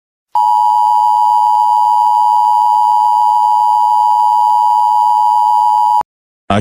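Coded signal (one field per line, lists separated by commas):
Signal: Emergency Alert System (SAME) tones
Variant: 853 and 960 Hz attention tone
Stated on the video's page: Fictional Emergency Alert System scenario for a hail storm and tornado in New York City.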